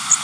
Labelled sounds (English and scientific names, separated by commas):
Blackburnian Warbler (Setophaga fusca) flight call